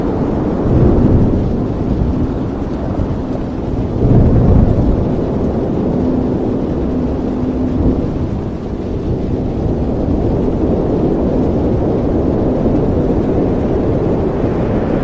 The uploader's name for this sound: Sound of Storm with Strong Winds, Heavy Rain and Strong Thunder